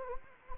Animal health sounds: mosquito wingbeat signal from an infrared sensor; Anopheles gambiae

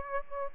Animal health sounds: mosquito wingbeat signal from an infrared sensor; Aedes aegypti

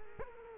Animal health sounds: mosquito wingbeat signal from an infrared sensor; Culex quinquefasciatus

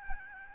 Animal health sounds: mosquito wingbeat signal from an infrared sensor; Aedes albopictus

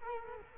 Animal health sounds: mosquito wingbeat signal from an infrared sensor; Culex quinquefasciatus

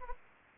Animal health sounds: mosquito wingbeat signal from an infrared sensor; Anopheles gambiae

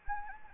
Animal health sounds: mosquito wingbeat signal from an infrared sensor; Anopheles gambiae

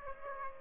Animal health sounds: mosquito wingbeat signal from an infrared sensor; Aedes aegypti

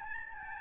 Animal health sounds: mosquito wingbeat signal from an infrared sensor; Aedes albopictus

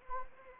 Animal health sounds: mosquito wingbeat signal from an infrared sensor; Anopheles arabiensis

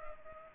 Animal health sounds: mosquito wingbeat signal from an infrared sensor; Culex pipiens

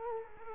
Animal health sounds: mosquito wingbeat signal from an infrared sensor; Culex quinquefasciatus

